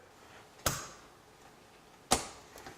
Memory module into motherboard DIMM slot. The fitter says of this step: And then you'll hear both sides lock in place again.